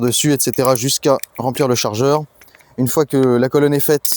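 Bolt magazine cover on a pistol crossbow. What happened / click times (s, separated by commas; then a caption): Handled, not yet home: no seating snap is heard / none. A person talks while handling the bolt magazine on a pistol crossbow, loading a stack of bolts into the magazine until it is full, just before its cover is folded down. The magazine cover has not yet snapped shut, and nothing has seated or clicked yet.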